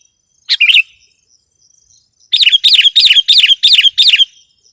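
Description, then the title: Sooty-headed bulbul: one chirpy phrase, a pause, then a rapid run of several bubbling notes in quick succession. "kutilang"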